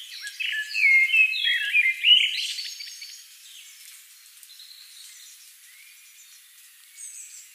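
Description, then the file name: Common blackbird song: a mellow fluted phrase ending in squeaky twitters, followed by quieter high chirps. "Turdus merula"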